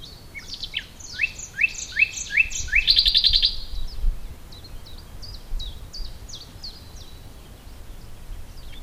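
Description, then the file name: Common nightingale singing a phrase of repeated downslurred whistles that build into a dense buzzy trill, followed by softer scattered notes. "Luscinia megarhynchos"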